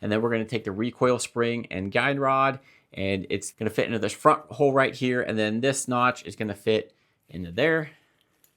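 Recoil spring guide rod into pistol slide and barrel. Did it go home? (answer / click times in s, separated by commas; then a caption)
no / none. During reassembly of a Derya DY9 pistol, the recoil spring and guide rod are handled at the front hole of the slide, with the rod's notch meant to fit onto the barrel, while someone talks. Two faint, brief ticks are heard near the end at about 8.2 and 8.4 seconds. Nothing has seated or clicked yet.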